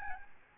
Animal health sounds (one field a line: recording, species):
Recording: mosquito wingbeat signal from an infrared sensor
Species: Aedes albopictus